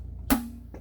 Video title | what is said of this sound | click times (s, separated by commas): w212 E63 MOTOR MOUNTS and FRONT DIFF fluid change ~ DIY ~ Mercedes | it went in heard it pop | 0.3 s